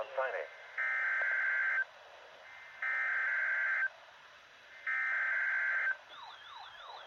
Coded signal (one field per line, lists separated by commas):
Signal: Emergency Alert System (SAME) tones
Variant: header bursts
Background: speech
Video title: Shearon Harris Nuclear Plant Annual RWT on WNG706 & WXL58 - EAS 855-856